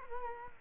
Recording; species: mosquito wingbeat signal from an infrared sensor; Culex quinquefasciatus